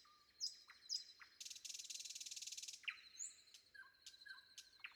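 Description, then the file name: Common nightingale song: sharp high notes, then a long harsh buzzy trill, followed by a low flat whistle repeated twice and scattered clicks. Sung before dawn. "predawn nightingale"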